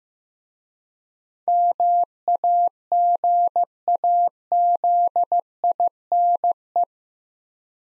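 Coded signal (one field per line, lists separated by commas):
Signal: Morse code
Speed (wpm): 15 wpm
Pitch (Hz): 700 Hz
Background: none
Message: MAGAZINE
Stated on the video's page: Morse code word-copying practice at 15 wpm, using contextual hints to prime the listener.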